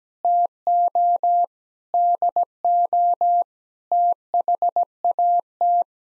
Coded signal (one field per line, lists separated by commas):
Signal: Morse code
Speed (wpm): 17 wpm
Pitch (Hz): 700 Hz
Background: none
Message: TO DO THAT